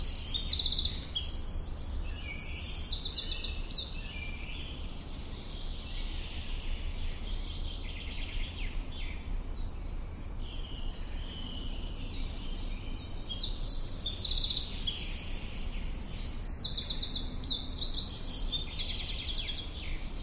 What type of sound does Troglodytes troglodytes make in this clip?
song